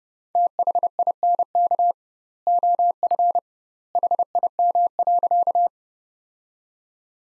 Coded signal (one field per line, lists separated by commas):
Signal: Morse code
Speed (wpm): 32 wpm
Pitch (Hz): 700 Hz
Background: none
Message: THINK OF HIM.